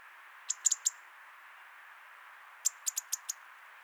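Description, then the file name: European robin giving sharp, high ticking calls, a burst of four then a burst of five about two seconds later, over a steady hiss. "Erithacus rubecula"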